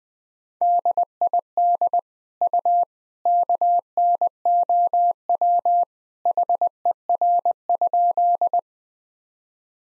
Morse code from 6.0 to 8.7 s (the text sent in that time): HER?